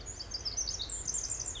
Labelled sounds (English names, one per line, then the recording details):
Pacific Wren
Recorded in Sonoma County, California